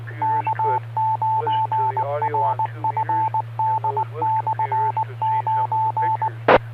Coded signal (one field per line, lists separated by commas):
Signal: Morse code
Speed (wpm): 19 wpm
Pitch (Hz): 880 Hz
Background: speech, radio noise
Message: K9RFD/9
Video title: Friday Night Fun Net | Ham Radio Amateur Radio Live Broadcast Worldwide Radio | KD9MED